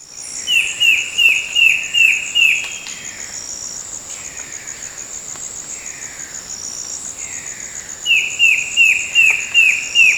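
Bird song: a quick series of six or seven sharp, down-slurred notes at the start and again at the end, over a steady high insect trill.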